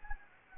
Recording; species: mosquito wingbeat signal from an infrared sensor; Anopheles gambiae